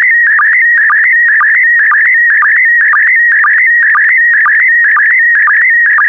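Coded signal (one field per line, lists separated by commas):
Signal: SSTV (slow-scan television)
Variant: PD120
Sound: continuous warbling tone with rapid regular low blips, like a chirping whine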